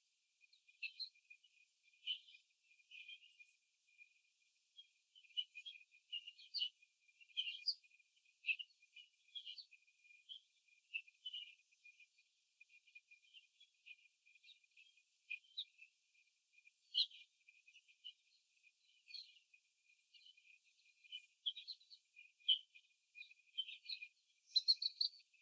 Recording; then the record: young laying hens in a cage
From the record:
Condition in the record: after the stressor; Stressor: simulated dog barking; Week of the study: 3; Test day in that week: 1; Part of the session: 3